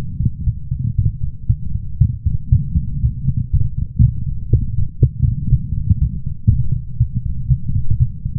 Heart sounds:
heart sounds by stethoscope; 119 bpm
0.45 s: heartbeat
0.96 s: heartbeat
1.47 s: heartbeat
1.99 s: heartbeat
2.50 s: heartbeat
3.01 s: heartbeat
3.51 s: heartbeat
4.01 s: heartbeat
4.51 s: heartbeat
5.00 s: heartbeat
5.50 s: heartbeat
6.00 s: heartbeat
6.49 s: heartbeat
6.98 s: heartbeat
7.48 s: heartbeat
7.98 s: heartbeat
From the record:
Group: healthy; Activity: light exercise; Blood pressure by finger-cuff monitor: 149/77 mmHg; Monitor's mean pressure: 97 mmHg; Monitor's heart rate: 121 bpm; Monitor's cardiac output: 9.8 L/min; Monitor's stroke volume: 82 mL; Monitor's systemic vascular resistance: 730 dyn s/cm5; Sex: female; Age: 24 years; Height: 163 cm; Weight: 55.7 kg

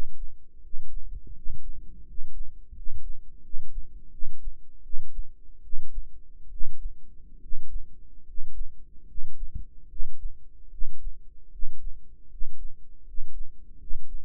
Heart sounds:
heart sounds by microphone in the right ear; 77 bpm
0.60 s: heartbeat
1.32 s: heartbeat
2.04 s: heartbeat
2.73 s: heartbeat
3.41 s: heartbeat
4.10 s: heartbeat
4.81 s: heartbeat
5.61 s: heartbeat
6.49 s: heartbeat
7.39 s: heartbeat
8.24 s: heartbeat
9.05 s: heartbeat
9.87 s: heartbeat
10.69 s: heartbeat
11.50 s: heartbeat
12.28 s: heartbeat
13.04 s: heartbeat
13.77 s: heartbeat
From the record:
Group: healthy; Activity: rest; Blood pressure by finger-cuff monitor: 111/70 mmHg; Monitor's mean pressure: 81 mmHg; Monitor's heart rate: 75 bpm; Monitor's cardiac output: 6.2 L/min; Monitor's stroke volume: 80 mL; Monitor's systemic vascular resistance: 940 dyn s/cm5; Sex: male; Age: 35 years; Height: 180 cm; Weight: 86.9 kg

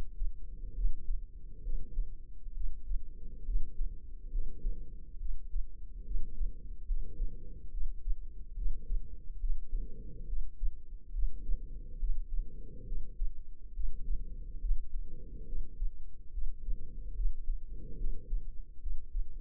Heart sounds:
heart sounds by microphone in the left ear; 70 bpm
0.73 s: heartbeat
1.61 s: heartbeat
2.52 s: heartbeat
3.43 s: heartbeat
4.30 s: heartbeat
5.17 s: heartbeat
6.02 s: heartbeat
6.85 s: heartbeat
7.69 s: heartbeat
8.54 s: heartbeat
9.38 s: heartbeat
10.24 s: heartbeat
11.11 s: heartbeat
11.98 s: heartbeat
12.84 s: heartbeat
13.72 s: heartbeat
14.59 s: heartbeat
15.44 s: heartbeat
16.30 s: heartbeat
17.13 s: heartbeat
17.96 s: heartbeat
18.78 s: heartbeat
From the record:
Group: healthy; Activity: rest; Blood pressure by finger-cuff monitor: 98/71 mmHg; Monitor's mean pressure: 81 mmHg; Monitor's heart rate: 70 bpm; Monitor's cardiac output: 5 L/min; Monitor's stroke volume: 72 mL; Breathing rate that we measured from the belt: 22 breaths a minute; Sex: female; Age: 32 years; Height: 172 cm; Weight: 71.7 kg

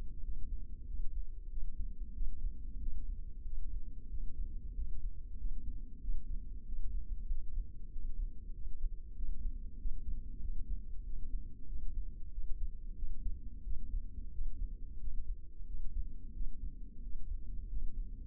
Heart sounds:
heart sounds by microphone in the left ear; 93 bpm
0.26 s: heartbeat
0.89 s: heartbeat
1.52 s: heartbeat
2.16 s: heartbeat
2.82 s: heartbeat
3.47 s: heartbeat
4.12 s: heartbeat
4.77 s: heartbeat
5.40 s: heartbeat
6.03 s: heartbeat
6.68 s: heartbeat
7.31 s: heartbeat
7.93 s: heartbeat
8.56 s: heartbeat
9.18 s: heartbeat
9.80 s: heartbeat
10.43 s: heartbeat
11.07 s: heartbeat
11.70 s: heartbeat
12.34 s: heartbeat
12.98 s: heartbeat
13.66 s: heartbeat
14.34 s: heartbeat
15.02 s: heartbeat
15.68 s: heartbeat
16.36 s: heartbeat
17.04 s: heartbeat
17.71 s: heartbeat
From the record:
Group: healthy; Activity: rest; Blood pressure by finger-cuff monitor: 166/91 mmHg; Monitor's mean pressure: 116 mmHg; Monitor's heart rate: 94 bpm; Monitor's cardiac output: 7.6 L/min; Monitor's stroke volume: 80 mL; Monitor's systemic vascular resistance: 1130 dyn s/cm5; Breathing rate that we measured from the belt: 17 breaths a minute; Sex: male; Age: 21 years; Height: 175 cm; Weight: 72.6 kg

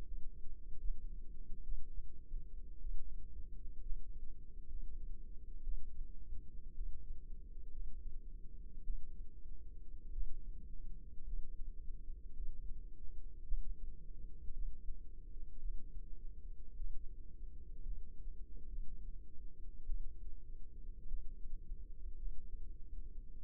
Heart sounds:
heart sounds by microphone in the left ear; 56 bpm
0.03 s: heartbeat
0.79 s: heartbeat
1.63 s: heartbeat
2.80 s: heartbeat
3.81 s: heartbeat
4.68 s: heartbeat
5.63 s: heartbeat
6.74 s: heartbeat
7.71 s: heartbeat
8.83 s: heartbeat
10.12 s: heartbeat
11.24 s: heartbeat
12.33 s: heartbeat
13.46 s: heartbeat
14.53 s: heartbeat
15.59 s: heartbeat
16.75 s: heartbeat
17.82 s: heartbeat
18.68 s: heartbeat
19.85 s: heartbeat
21.08 s: heartbeat
22.17 s: heartbeat
23.40 s: heartbeat
From the record:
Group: healthy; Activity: rest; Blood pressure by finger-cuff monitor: 110/67 mmHg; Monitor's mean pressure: 81 mmHg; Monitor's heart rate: 55 bpm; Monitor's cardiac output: 5.3 L/min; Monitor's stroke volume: 90 mL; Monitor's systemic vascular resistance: 1100 dyn s/cm5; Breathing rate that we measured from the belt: 17 breaths a minute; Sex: female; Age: 28 years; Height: 170 cm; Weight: 77 kg

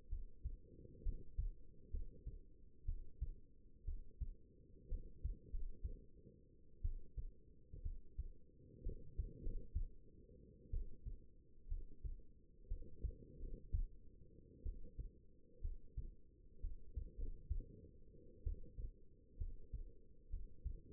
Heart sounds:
heart sounds by stethoscope; 62 bpm
0.08 s: heartbeat
1.02 s: heartbeat
1.90 s: heartbeat
2.85 s: heartbeat
3.84 s: heartbeat
4.88 s: heartbeat
5.49 s: heartbeat
6.81 s: heartbeat
7.82 s: heartbeat
8.82 s: heartbeat
9.41 s: heartbeat
10.70 s: heartbeat
11.68 s: heartbeat
12.67 s: heartbeat
13.38 s: heartbeat
14.62 s: heartbeat
15.60 s: heartbeat
16.60 s: heartbeat
17.17 s: heartbeat
18.43 s: heartbeat
19.37 s: heartbeat
20.29 s: heartbeat
From the record:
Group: healthy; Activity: rest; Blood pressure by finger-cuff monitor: 100/63 mmHg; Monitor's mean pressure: 74 mmHg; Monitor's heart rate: 59 bpm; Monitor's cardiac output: 5.4 L/min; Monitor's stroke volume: 83 mL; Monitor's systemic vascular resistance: 1020 dyn s/cm5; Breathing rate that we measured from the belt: 15 breaths a minute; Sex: female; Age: 22 years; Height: 171 cm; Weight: 65.6 kg

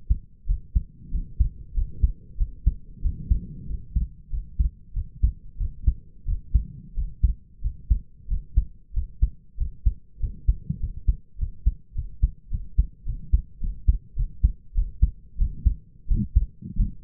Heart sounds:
heart sounds by stethoscope; 96 bpm
0.46 s: heartbeat
1.10 s: heartbeat
1.73 s: heartbeat
2.37 s: heartbeat
3.01 s: heartbeat
3.66 s: heartbeat
4.30 s: heartbeat
4.93 s: heartbeat
5.57 s: heartbeat
6.25 s: heartbeat
6.94 s: heartbeat
7.61 s: heartbeat
8.27 s: heartbeat
8.93 s: heartbeat
9.57 s: heartbeat
10.19 s: heartbeat
10.79 s: heartbeat
11.37 s: heartbeat
11.94 s: heartbeat
12.50 s: heartbeat
13.05 s: heartbeat
13.60 s: heartbeat
14.15 s: heartbeat
14.74 s: heartbeat
15.37 s: heartbeat
16.07 s: heartbeat
16.76 s: heartbeat
From the record:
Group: healthy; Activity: rest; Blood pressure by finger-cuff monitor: 95/54 mmHg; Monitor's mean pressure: 71 mmHg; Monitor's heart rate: 94 bpm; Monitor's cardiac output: 6.6 L/min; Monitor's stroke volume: 70 mL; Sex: male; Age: 22 years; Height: 181 cm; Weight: 60 kg

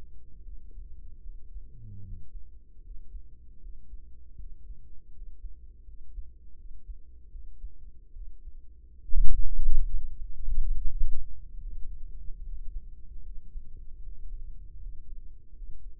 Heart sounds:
heart sounds by microphone in the right ear; 75 bpm
0.42 s: heartbeat
1.21 s: heartbeat
2.01 s: heartbeat
2.80 s: heartbeat
3.59 s: heartbeat
4.36 s: heartbeat
5.11 s: heartbeat
5.84 s: heartbeat
6.55 s: heartbeat
7.29 s: heartbeat
8.12 s: heartbeat
8.99 s: heartbeat
9.85 s: heartbeat
10.73 s: heartbeat
11.57 s: heartbeat
12.41 s: heartbeat
13.21 s: heartbeat
14.00 s: heartbeat
14.78 s: heartbeat
15.53 s: heartbeat
From the record:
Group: healthy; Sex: male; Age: 35 years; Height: 178 cm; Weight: 64 kg

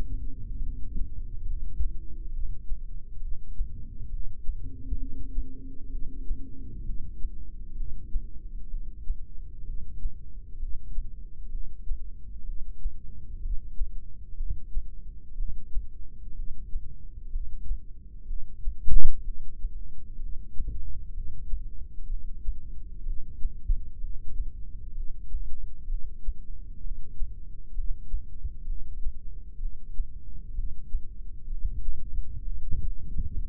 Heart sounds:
heart sounds by microphone in the left ear; 64 bpm
0.64 s: heartbeat
1.48 s: heartbeat
2.34 s: heartbeat
3.23 s: heartbeat
4.12 s: heartbeat
5.00 s: heartbeat
5.93 s: heartbeat
6.87 s: heartbeat
7.78 s: heartbeat
8.71 s: heartbeat
9.67 s: heartbeat
10.60 s: heartbeat
11.52 s: heartbeat
12.47 s: heartbeat
13.43 s: heartbeat
14.38 s: heartbeat
15.38 s: heartbeat
16.37 s: heartbeat
17.33 s: heartbeat
18.28 s: heartbeat
19.26 s: heartbeat
20.21 s: heartbeat
21.15 s: heartbeat
22.09 s: heartbeat
23.06 s: heartbeat
24.01 s: heartbeat
24.95 s: heartbeat
25.90 s: heartbeat
26.84 s: heartbeat
27.76 s: heartbeat
28.67 s: heartbeat
29.61 s: heartbeat
30.56 s: heartbeat
31.50 s: heartbeat
32.45 s: heartbeat
33.40 s: heartbeat
From the record:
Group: heart failure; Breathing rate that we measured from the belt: 18 breaths a minute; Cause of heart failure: idiopathic cardiomyopathy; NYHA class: 1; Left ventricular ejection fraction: 50%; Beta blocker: bisoprolol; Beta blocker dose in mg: 5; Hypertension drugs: candesartan, spironolactone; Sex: male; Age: 54 years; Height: 180 cm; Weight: 94.6 kg

